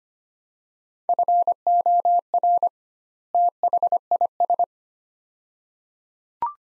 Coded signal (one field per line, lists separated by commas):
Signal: Morse code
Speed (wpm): 25 wpm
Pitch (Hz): 700 Hz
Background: none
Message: FOR THIS